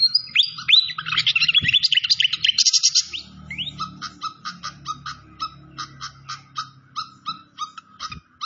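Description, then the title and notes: Malaysian pied fantail song: a fast, jumbled burst of bright chirps and slurred whistles, then a steady train of short clipped notes, over a low background rumble. Masteran (training recording) with clear-voiced song mixed with the sound of trickling water. "Masteran Sikatan Kipas Suara Jernih Dan Suara Gemericik Air. Suara Burung Sikatan Londo"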